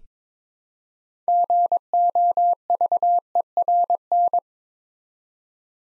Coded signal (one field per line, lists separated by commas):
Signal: Morse code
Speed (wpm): 22 wpm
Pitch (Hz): 700 Hz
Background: none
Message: GOVERN